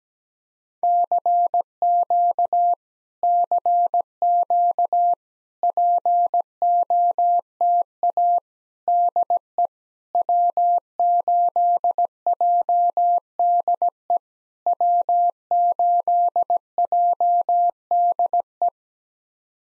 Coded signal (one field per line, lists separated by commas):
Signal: Morse code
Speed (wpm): 17 wpm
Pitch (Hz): 700 Hz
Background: none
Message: CQ CQ POTA DE W8JDE W8JDE